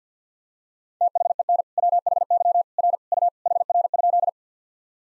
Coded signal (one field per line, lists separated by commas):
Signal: Morse code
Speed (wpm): 50 wpm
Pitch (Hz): 700 Hz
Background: none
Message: THEN WHY R U HR?